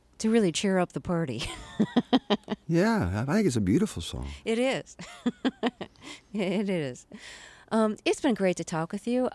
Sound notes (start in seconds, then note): 1.4 soundbite of laughter; 5.0 soundbite of laughter